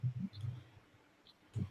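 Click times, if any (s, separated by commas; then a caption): none. A wire coil leg is being worked toward the post screw on the deck of a Flave RDA vape dripper by Alliancetech Vapor, with low fiddling knocks and light clicks near the start and again at the end, plus a faint tick around 1.3 s. The screw is not loose enough, so the leg does not go under it and nothing has seated yet.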